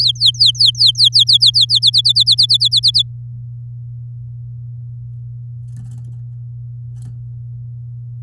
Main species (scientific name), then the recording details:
Serinus canaria. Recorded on 8 May 2018 at 13:24. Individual llb16